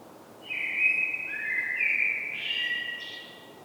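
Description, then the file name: Common blackbird song: a mellow fluted phrase of level and sliding whistles, ending in a brighter, higher twittering flourish. "Turdus merula"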